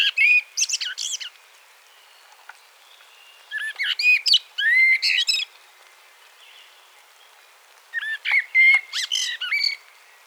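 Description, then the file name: Common blackbird giving three short song phrases, each a burst of fluty warbling topped by high, thin twittering notes, separated by brief silences. "Turdus merula"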